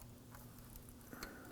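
A small plastic retainer clip on the downstream oxygen sensor wiring of a 2015-2020 Ford F-150 2.7L V6 is handled and pressed toward its body or bracket mounting point, the spot where it was originally held. Only faint handling ticks and light rustling are heard over a low background hum. Nothing has seated or clicked yet.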